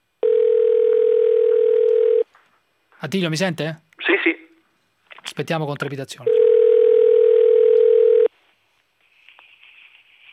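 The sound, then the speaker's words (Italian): A telephone ringing tone on an outgoing call to the Gaucci home in Santo Domingo: two long, steady, buzzy electronic tones of about two seconds each, with people talking in the gap between them and a faint tone at the end. “un attimo di pazienza, Casa Gaucci a Santo Domingo.”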